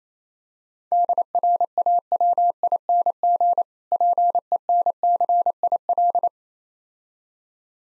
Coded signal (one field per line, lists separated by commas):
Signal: Morse code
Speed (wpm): 28 wpm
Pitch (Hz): 700 Hz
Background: none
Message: DRAWING PENCIL